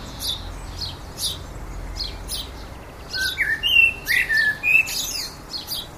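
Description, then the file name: Common blackbird singing a rich fluted phrase with rising and falling notes after a few seconds, then squeaky high flourishes, against repeated sharp high calls. "Turdus merula"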